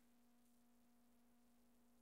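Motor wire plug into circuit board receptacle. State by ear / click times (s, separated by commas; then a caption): not seated / none. The motor wire plug of a Matsana M4 motor roller is lined up with its white side toward the inside of the circuit board receptacle, ready to be pushed in. Only a very quiet, steady hum with a low tone and faint background hiss is heard. The plug has not seated or clicked yet.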